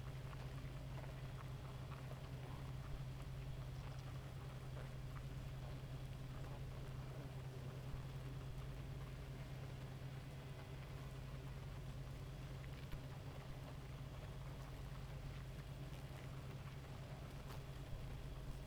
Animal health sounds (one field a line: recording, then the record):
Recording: honeybee colony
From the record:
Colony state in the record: active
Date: 28 July 2017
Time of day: 2:32